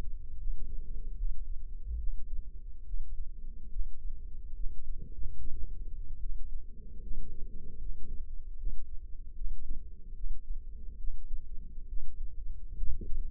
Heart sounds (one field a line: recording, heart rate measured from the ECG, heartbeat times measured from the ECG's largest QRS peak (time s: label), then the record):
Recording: heart sounds by microphone in the left ear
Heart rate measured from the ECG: 73 bpm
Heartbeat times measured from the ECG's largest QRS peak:
0.37 s: heartbeat
1.14 s: heartbeat
1.97 s: heartbeat
2.84 s: heartbeat
3.69 s: heartbeat
4.54 s: heartbeat
5.37 s: heartbeat
6.19 s: heartbeat
7.00 s: heartbeat
7.79 s: heartbeat
8.56 s: heartbeat
9.34 s: heartbeat
10.14 s: heartbeat
10.97 s: heartbeat
11.86 s: heartbeat
12.76 s: heartbeat
From the record:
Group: healthy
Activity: rest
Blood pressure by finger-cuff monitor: 106/67 mmHg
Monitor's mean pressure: 81 mmHg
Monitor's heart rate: 73 bpm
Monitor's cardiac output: 5.8 L/min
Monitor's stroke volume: 77 mL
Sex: male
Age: 35 years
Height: 178 cm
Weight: 64 kg